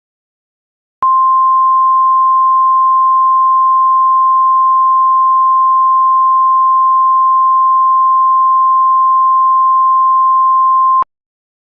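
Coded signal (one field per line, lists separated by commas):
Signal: Emergency Alert System (SAME) tones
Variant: 1050 Hz attention tone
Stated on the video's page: Joke EAS scenario, fictional, with valid tones.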